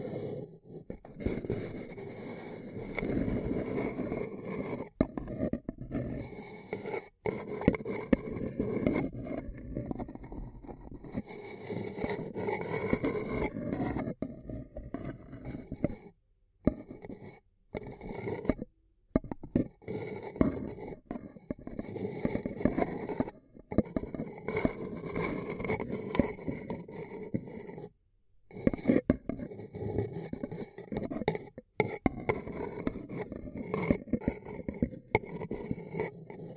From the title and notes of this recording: Extremely Tingly Ear Cupping Triggers ASMR (No Talking).